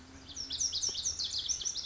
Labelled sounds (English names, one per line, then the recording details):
Lazuli Bunting
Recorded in Sonoma County, California